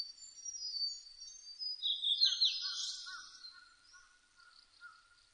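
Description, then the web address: Blue-and-white flycatcher song: a high whistled phrase swelling into a rich, harsh flourish, followed by softer lower twittering notes. Recorded 1 May 2005. "2005 050501 ooruri"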